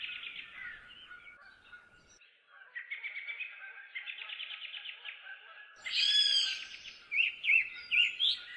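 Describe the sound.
Birds in a busy chorus: rapid rattling trills and chatter over a faint steady tone, then louder sweeping whistled phrases repeated toward the end.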